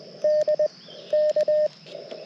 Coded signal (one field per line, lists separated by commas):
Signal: Morse code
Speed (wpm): 20 wpm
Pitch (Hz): 610 Hz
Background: none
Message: DK